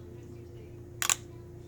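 The string gripper clutch on a Gamma X-Stringer drop weight racquet stringer is held while the drop weight bar is raised, over a steady low hum. The clutch clicks at tension with two sharp clicks at 1.0 s and 1.1 s.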